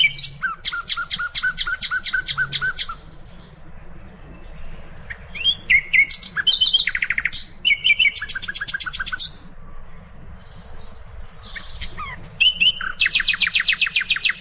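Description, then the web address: Common nightingale song: rapid repeated notes in fast rolling series, clicking trills and short whistles, phrases broken by brief pauses. "birdsong nightingale"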